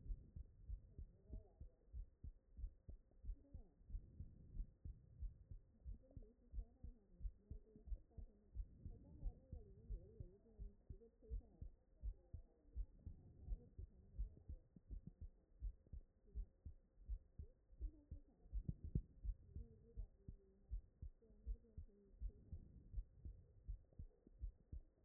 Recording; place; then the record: heart sounds by stethoscope; tricuspid valve (TV)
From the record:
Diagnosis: non-HFrEF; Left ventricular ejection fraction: 74%